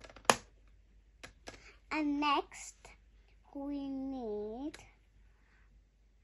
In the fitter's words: Then we hear the click noise.